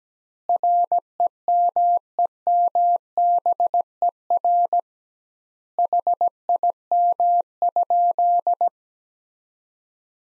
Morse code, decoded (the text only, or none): REMEMBER HIM?